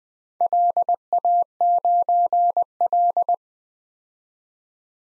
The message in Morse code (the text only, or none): LA9L